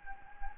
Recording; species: mosquito wingbeat signal from an infrared sensor; Anopheles gambiae